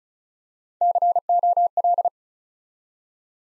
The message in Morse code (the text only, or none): COL